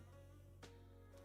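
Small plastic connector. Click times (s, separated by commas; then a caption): 0.6 s. A pin extraction tool's two small pins are pushed into a Micro-Fit style plastic connector housing over a steady low hum. A tiny, brief click at 0.6 s releases the crimped terminal pin's latch, so the pin can be pushed out of the wire connector housing.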